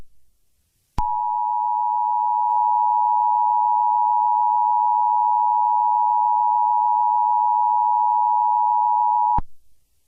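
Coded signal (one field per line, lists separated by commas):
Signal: Emergency Alert System (SAME) tones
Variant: 853 and 960 Hz attention tone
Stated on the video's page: Fictional EAS mock scenario using valid EAS tones.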